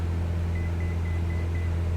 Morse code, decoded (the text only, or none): none